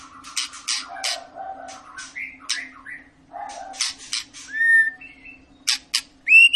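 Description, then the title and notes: White-rumped shama: bird song of mixed harsh bursts and short whistled slurs, with a steady low hum underneath and a clear rising whistle near the end. Long lure song of a shama singing vigorously (gacor), used to make birds sing. "Murai Batu Gacor Panjang. muraiku"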